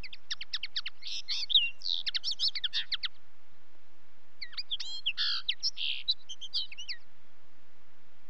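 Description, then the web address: Common linnet twittering song in two phrases, rapid chirps and brief buzzy trills, the second phrase starting after a short gap of about a second and a half. "BBC Sound Effects Library. Linnet"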